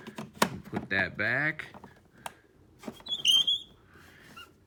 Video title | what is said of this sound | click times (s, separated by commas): Electrolux Epic 6500 SR Canister Vacuum | to hook up to the end of this hose and snap in place. | 0.4 s